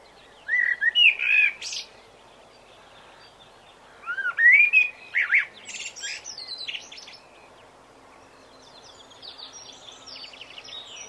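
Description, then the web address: Common blackbird delivering two mellow whistled phrases, each finishing in a thin, high squeaky flourish, with softer twittering continuing afterward. "bbc Bird Song Site Blackbird - Merle"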